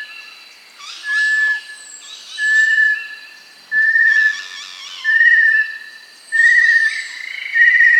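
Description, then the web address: Little tinamou giving pure, level whistles about every 1.3 seconds, creeping slightly higher, over a dense buzzing chorus of insects or frogs. Recorded in Peru and Bolivia. "Birds of the Amazon 1. Little Tinamou (Crypturellus soui), Peru, Bolivia"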